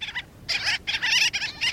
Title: Gull-billed Tern